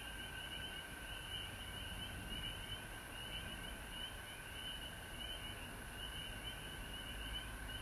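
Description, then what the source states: Frogs calling in a dense chorus, a steady high trilling band with a lower continuous tone beneath, over constant low rumbling background noise. Recorded at home in Georgia on March 19, 2020.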